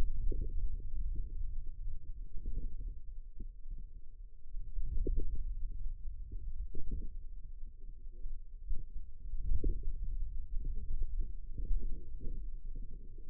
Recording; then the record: forearm muscle sounds (acoustic myography)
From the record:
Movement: hand closing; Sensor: system 2, bracelet of six BSWA MPA416 microphones around the upper forearm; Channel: 4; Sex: female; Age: 21 years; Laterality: right